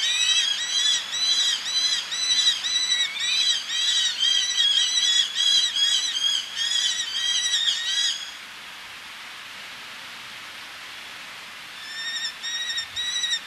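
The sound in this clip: Eleonora's falcon giving a fast, continuous series of harsh, slightly downcurved notes for eight seconds, then quiet, then the series resumes more softly near the end.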